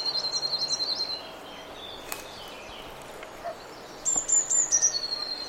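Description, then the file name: Eurasian blue tit song: a rapid trill, then a pause with scattered faint sounds, then another phrase of high piercing notes leading into a trill. "Cyanistes caeruleus"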